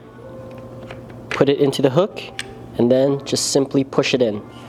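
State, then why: Not seated. A fog light housing is hooked into the front bumper's spring-clip mount on one side while someone talks, with a couple of faint ticks early on. The clip ends before the light is pushed in, so nothing has clicked or seated yet.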